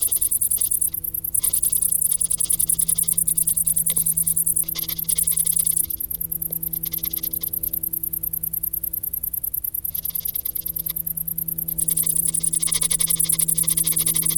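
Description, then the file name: Cricket chorus of fast pulsed chirps that briefly thin out midway, over a low droning hum. "Grillen"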